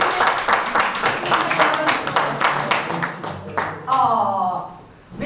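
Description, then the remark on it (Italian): An audience at a comedy show, in a venue full of succulent plants, claps for about four seconds, a dense, crackling patter of many hands that tapers off as a voice begins speaking. “Possiamo fare un applauso al fatto che sta qui.”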